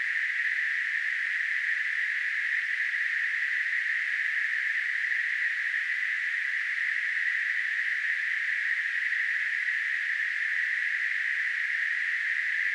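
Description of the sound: A steady, unchanging narrow band of hissing noise centred around 2 kHz holds at constant loudness for about 13 seconds. It simulates noise-like tinnitus, a hissing, ringing sound heard in the ears without any outside source.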